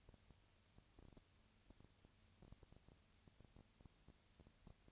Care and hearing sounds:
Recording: daily activity, microphone in the room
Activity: no activity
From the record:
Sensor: 2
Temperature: 20.1 degrees Celsius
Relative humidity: 35.5%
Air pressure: 997.0 hPa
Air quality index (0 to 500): 198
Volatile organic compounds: 30 ppm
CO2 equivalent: 2963 ppm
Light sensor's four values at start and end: 2/3/2/2 and 2/3/2/2

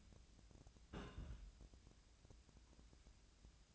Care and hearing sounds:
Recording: daily activity, microphone in the room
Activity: place on stove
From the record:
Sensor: 2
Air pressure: 1009.8 hPa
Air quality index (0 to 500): 178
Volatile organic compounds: 10 ppm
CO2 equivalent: 2232 ppm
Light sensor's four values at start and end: 32/78/34/38 and 32/78/34/38

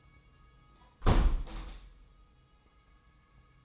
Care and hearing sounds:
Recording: daily activity, microphone in the room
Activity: close window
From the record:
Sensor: 1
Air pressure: 990.3 hPa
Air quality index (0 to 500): 159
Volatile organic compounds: 1000 ppm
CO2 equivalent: 5757 ppm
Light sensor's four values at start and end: 20/44/19/21 and 20/45/19/21

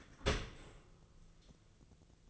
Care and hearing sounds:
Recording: daily activity, microphone in the room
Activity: open dishwasher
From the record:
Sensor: 4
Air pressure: 1001.3 hPa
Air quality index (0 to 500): 181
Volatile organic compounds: 2 ppm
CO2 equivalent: 1293 ppm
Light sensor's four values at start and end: 12/28/11/12 and 12/28/11/12

